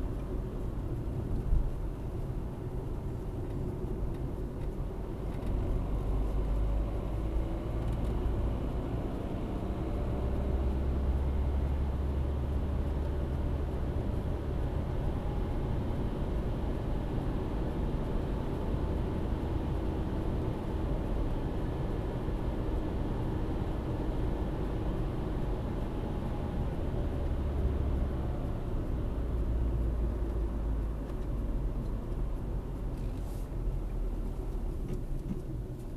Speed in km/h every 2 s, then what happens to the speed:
49, 50, 50, 64, 70, 74, 77, 79, 85, 86, 87, 84, 84, 68, 55, 49, 42, 33.
4-20 speeds up to 87. 20-36 brakes to 33.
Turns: none.